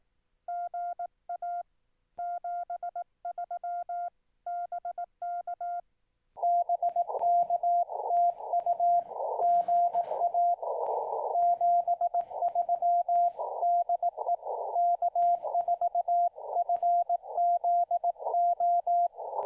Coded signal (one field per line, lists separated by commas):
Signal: Morse code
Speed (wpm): 18 wpm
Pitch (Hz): 690 Hz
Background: radio noise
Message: GA 73BK BKTU GA 73DE K4FZO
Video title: Lets Hunt Some POTA!